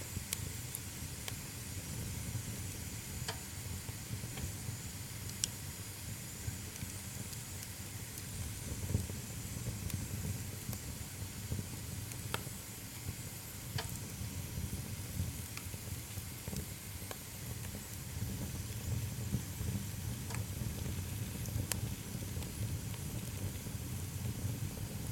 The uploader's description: you light a fire in the stove and make a welcome cup of tea